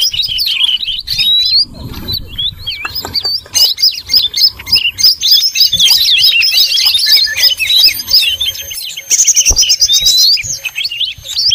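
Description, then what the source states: Birds twittering busily together, a thick layer of high chirps and trills with occasional clear rising whistles cutting through. Noisy bird sounds used as a lure (pikat) to attract birds.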